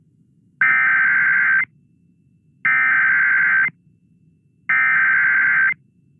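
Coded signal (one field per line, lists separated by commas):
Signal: Emergency Alert System (SAME) tones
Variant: header bursts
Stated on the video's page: Child abduction emergency alert aired on an AM radio station after talk programming.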